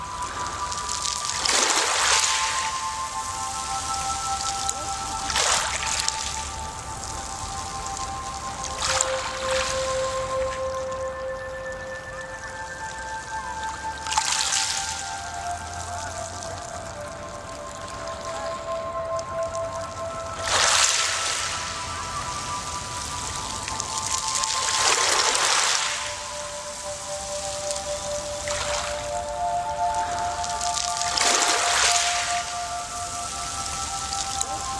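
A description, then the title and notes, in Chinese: Ocean waves wash in every four to six seconds, each a bright hissing surge that rises and fades, over a steady low rumble of water. Soft, sustained music notes hold beneath them, slowly shifting pitch through the whole clip. 海浪声放松音乐丨417Hz疗愈音乐。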